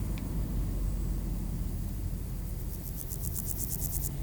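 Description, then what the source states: Grasshopper: a quick, high series of ticking pulses starts near the end, over constant traffic rumble. Recorded beside the D633 road at Aveize, France, with grasshoppers and cars; captured on a Sony PCM-M10 in Luhd AB position.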